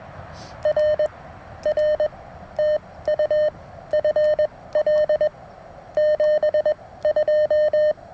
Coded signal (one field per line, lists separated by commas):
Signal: Morse code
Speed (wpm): 22 wpm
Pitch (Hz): 610 Hz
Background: none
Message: R R TU FL 72